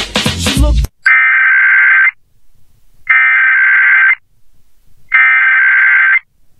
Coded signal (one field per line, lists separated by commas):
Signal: Emergency Alert System (SAME) tones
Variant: header bursts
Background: speech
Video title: SiriusXM EAS Test on SIR043 and Channel 43 promo 8/11/21